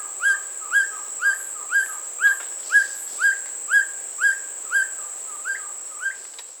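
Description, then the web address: Black bushbird uttering a clear series of hooked, slightly slurred call notes twice a second, fading at the end, over a faint steady high-pitched tone. "Black Bushbird. پرنده-بیشه-مرغ-سیاه"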